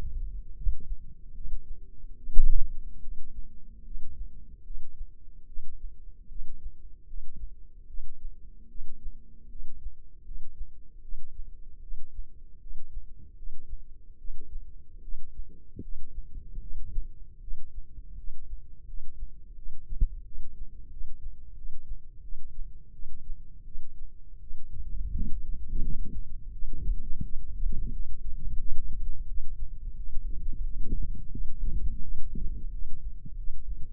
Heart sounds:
heart sounds by microphone in the left ear; 80 bpm
0.54 s: heartbeat
1.32 s: heartbeat
2.15 s: heartbeat
3.00 s: heartbeat
3.83 s: heartbeat
4.62 s: heartbeat
5.45 s: heartbeat
6.27 s: heartbeat
7.05 s: heartbeat
7.86 s: heartbeat
8.67 s: heartbeat
9.48 s: heartbeat
10.23 s: heartbeat
11.00 s: heartbeat
11.80 s: heartbeat
12.59 s: heartbeat
13.35 s: heartbeat
14.17 s: heartbeat
15.00 s: heartbeat
15.80 s: heartbeat
16.59 s: heartbeat
17.39 s: heartbeat
18.15 s: heartbeat
18.85 s: heartbeat
19.54 s: heartbeat
20.23 s: heartbeat
20.88 s: heartbeat
21.54 s: heartbeat
22.20 s: heartbeat
22.91 s: heartbeat
23.63 s: heartbeat
24.39 s: heartbeat
25.11 s: heartbeat
25.81 s: heartbeat
26.50 s: heartbeat
27.21 s: heartbeat
27.91 s: heartbeat
28.57 s: heartbeat
29.25 s: heartbeat
29.95 s: heartbeat
30.61 s: heartbeat
31.30 s: heartbeat
32.00 s: heartbeat
32.70 s: heartbeat
33.35 s: heartbeat
From the record:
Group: healthy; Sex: female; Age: 19 years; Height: 163 cm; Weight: 51 kg

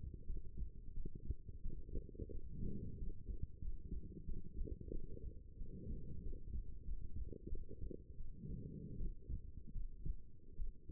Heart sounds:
heart sounds by stethoscope; 87 bpm
0.25 s: heartbeat
0.93 s: heartbeat
1.61 s: heartbeat
2.30 s: heartbeat
2.97 s: heartbeat
3.60 s: heartbeat
4.24 s: heartbeat
4.90 s: heartbeat
5.56 s: heartbeat
6.22 s: heartbeat
6.84 s: heartbeat
7.48 s: heartbeat
8.16 s: heartbeat
8.96 s: heartbeat
9.71 s: heartbeat
10.55 s: heartbeat
From the record:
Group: healthy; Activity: rest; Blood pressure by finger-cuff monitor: 116/86 mmHg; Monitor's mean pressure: 99 mmHg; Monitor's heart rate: 91 bpm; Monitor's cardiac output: 6.7 L/min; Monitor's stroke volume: 74 mL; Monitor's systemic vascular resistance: 1080 dyn s/cm5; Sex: female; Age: 23 years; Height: 160 cm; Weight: 50.4 kg

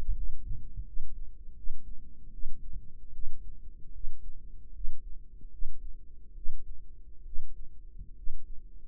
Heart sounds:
heart sounds by microphone in the right ear; 75 bpm
0.14 s: heartbeat
0.84 s: heartbeat
1.55 s: heartbeat
2.32 s: heartbeat
3.12 s: heartbeat
3.92 s: heartbeat
4.72 s: heartbeat
5.50 s: heartbeat
6.34 s: heartbeat
7.24 s: heartbeat
8.15 s: heartbeat
From the record:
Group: healthy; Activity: rest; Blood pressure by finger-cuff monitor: 99/63 mmHg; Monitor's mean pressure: 73 mmHg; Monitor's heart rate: 75 bpm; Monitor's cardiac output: 6.1 L/min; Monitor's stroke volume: 77 mL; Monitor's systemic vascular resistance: 870 dyn s/cm5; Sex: female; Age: 22 years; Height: 163 cm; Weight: 67.1 kg

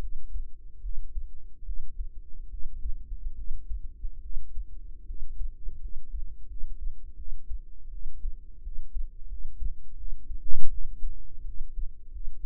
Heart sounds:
heart sounds by microphone in the right ear; 80 bpm
0.81 s: heartbeat
1.64 s: heartbeat
2.49 s: heartbeat
3.34 s: heartbeat
4.20 s: heartbeat
5.05 s: heartbeat
5.79 s: heartbeat
6.46 s: heartbeat
7.15 s: heartbeat
7.89 s: heartbeat
8.61 s: heartbeat
9.27 s: heartbeat
9.95 s: heartbeat
10.68 s: heartbeat
11.44 s: heartbeat
12.10 s: heartbeat
From the record:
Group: healthy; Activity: breath hold 0-5 s, rest 5-13 s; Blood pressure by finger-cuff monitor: 111/71 mmHg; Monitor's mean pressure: 84 mmHg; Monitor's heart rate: 81 bpm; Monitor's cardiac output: 6.9 L/min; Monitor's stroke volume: 84 mL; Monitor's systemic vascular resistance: 910 dyn s/cm5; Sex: female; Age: 19 years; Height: 163 cm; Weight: 48.9 kg

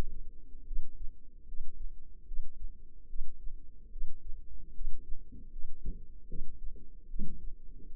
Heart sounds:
heart sounds by microphone in the left ear; 74 bpm
0.64 s: heartbeat
1.45 s: heartbeat
2.25 s: heartbeat
3.07 s: heartbeat
3.89 s: heartbeat
4.73 s: heartbeat
5.50 s: heartbeat
6.27 s: heartbeat
7.07 s: heartbeat
7.90 s: heartbeat
From the record:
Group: healthy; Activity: rest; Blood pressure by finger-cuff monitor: 98/81 mmHg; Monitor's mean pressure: 86 mmHg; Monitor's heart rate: 73 bpm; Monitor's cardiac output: 5.4 L/min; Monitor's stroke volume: 74 mL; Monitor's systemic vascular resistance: 1160 dyn s/cm5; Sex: female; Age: 22 years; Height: 160 cm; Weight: 45 kg

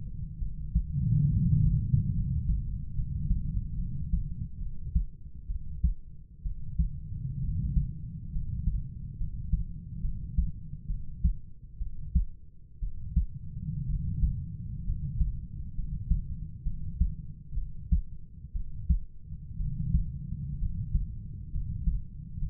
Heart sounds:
heart sounds by stethoscope; 65 bpm
0.39 s: heartbeat
1.30 s: heartbeat
2.14 s: heartbeat
2.95 s: heartbeat
3.76 s: heartbeat
4.59 s: heartbeat
5.48 s: heartbeat
6.43 s: heartbeat
7.41 s: heartbeat
8.32 s: heartbeat
9.18 s: heartbeat
10.02 s: heartbeat
10.88 s: heartbeat
11.79 s: heartbeat
12.80 s: heartbeat
13.87 s: heartbeat
14.85 s: heartbeat
15.75 s: heartbeat
16.64 s: heartbeat
17.55 s: heartbeat
18.53 s: heartbeat
19.58 s: heartbeat
20.59 s: heartbeat
21.52 s: heartbeat
22.39 s: heartbeat
From the record:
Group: healthy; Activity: cold pressor test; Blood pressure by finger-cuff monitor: 99/54 mmHg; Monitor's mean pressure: 65 mmHg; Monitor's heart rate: 65 bpm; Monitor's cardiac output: 5.6 L/min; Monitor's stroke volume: 87 mL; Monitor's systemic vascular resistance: 820 dyn s/cm5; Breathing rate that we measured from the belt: 10 breaths a minute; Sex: male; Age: 25 years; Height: 170 cm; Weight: 70.4 kg

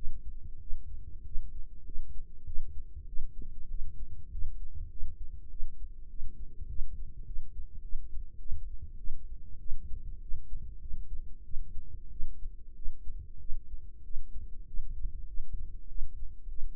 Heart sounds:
heart sounds by microphone in the right ear; 98 bpm
0.59 s: heartbeat
1.24 s: heartbeat
1.84 s: heartbeat
2.45 s: heartbeat
3.06 s: heartbeat
3.69 s: heartbeat
4.30 s: heartbeat
4.90 s: heartbeat
5.49 s: heartbeat
6.09 s: heartbeat
6.68 s: heartbeat
7.25 s: heartbeat
7.82 s: heartbeat
8.39 s: heartbeat
8.97 s: heartbeat
9.59 s: heartbeat
10.20 s: heartbeat
10.80 s: heartbeat
11.44 s: heartbeat
12.10 s: heartbeat
12.74 s: heartbeat
13.39 s: heartbeat
14.03 s: heartbeat
14.66 s: heartbeat
15.26 s: heartbeat
15.88 s: heartbeat
16.48 s: heartbeat
From the record:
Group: healthy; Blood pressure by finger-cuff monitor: 107/64 mmHg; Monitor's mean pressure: 78 mmHg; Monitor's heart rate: 97 bpm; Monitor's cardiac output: 8 L/min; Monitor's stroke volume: 83 mL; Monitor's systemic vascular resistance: 720 dyn s/cm5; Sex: female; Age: 22 years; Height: 157 cm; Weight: 47.6 kg

